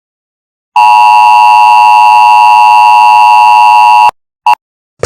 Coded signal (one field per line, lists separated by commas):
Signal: Emergency Alert System (SAME) tones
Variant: 853 and 960 Hz attention tone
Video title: EAS Scenario: Incident at Jurassic World Mactan Island